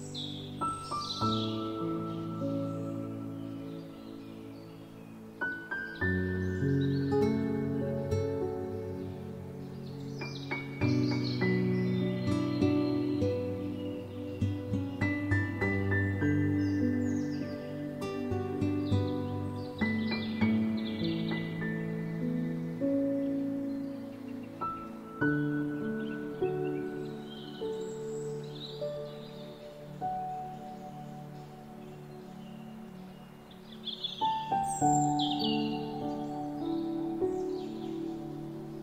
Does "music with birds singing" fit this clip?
yes